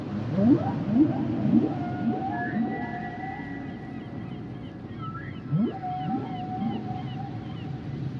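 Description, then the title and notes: Humpback whale song: a series of short rising whoops every half second, long level tones, and faint high looping chirps in the background of low water noise. Humpback whale songs and sounds; males produce complex songs during the winter breeding season; the whales migrate to tropical or subtropical waters to breed and give birth. "the RainManCJ podcast, Sounds of The Humpback whale"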